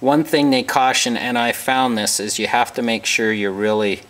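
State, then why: Not seated. Someone talks about a steel CRKT Ignitor (Outburst / FireSafe) folding knife, whose safety lock pin in the handle must fully engage the closed blade because a partial engagement can let it flip open. The blade is being handled but is not yet home, and the pin has not clicked or locked yet.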